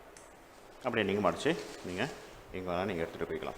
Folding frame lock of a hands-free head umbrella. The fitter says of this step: பிடிச்சி இழுத்தீங்க அப்படின்னா S lock ஆகிடும். அவ்வளோதான்.